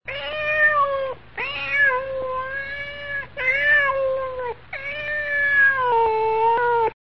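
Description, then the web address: Cat meowing: four long, drawn-out meows with rich harmonics, separated by brief pauses. "kuceng meong"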